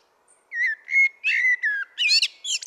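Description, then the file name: Common blackbird singing a short string of fluty, slurred whistles that turns into strained, scratchy high twittering. "Turdus merula"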